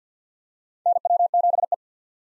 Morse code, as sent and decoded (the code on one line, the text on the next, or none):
-. .-- --... .
NW7E